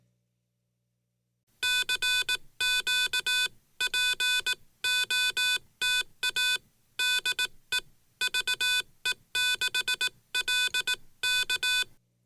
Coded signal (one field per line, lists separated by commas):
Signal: Morse code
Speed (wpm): 18 wpm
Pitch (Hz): 1500 Hz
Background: none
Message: CQ POTA DE VE6LK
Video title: What followed Vince home from Hamvention 2025?